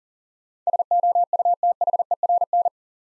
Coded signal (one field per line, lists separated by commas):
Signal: Morse code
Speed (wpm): 43 wpm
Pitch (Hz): 700 Hz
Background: none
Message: SOUTHERN